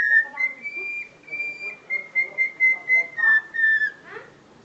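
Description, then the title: Black-winged myna singing long steady whistles with slight pitch steps, some buzzy rough notes, ending in a brief harsh burst. Dense, constantly active singing with many variations, meant as tutor audio for training other songbirds. "Kicauan Rapat Jalak Putih Gacor Banyak Variasi Untuk Masteran"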